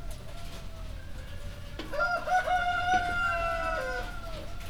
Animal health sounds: poultry house recording; healthy chickens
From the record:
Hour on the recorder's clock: 1

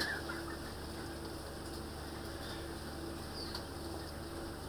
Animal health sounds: poultry house recording; healthy chickens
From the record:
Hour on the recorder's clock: 21

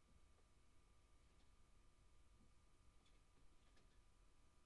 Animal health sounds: poultry house recording; no chicken sound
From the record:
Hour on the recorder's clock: 0

